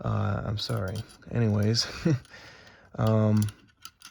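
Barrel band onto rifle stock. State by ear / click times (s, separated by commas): seated / 3.8 s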